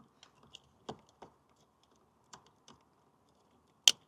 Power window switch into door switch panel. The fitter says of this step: these ones will snap into place